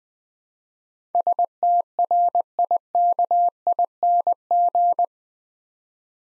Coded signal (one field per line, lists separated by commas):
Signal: Morse code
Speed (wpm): 21 wpm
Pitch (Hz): 700 Hz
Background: none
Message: STRIKING